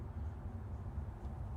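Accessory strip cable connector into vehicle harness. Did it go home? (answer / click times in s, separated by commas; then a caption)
no / none. An S3XY Strip accessory cable connector is lined up by hand with the vehicle harness of a 2025 Tesla Model Y Juniper before being plugged in. Only a steady low rumble and faint handling noise are heard, with no sharp transients. Nothing has seated or clicked yet.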